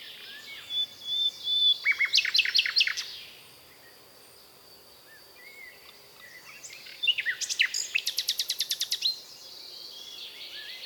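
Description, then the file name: Common nightingale singing fast bursts of repeated sharp notes, a quiet pause, then another long rapid staccato burst. "British Library - European Nightingale(Luscinia megarhynchos)"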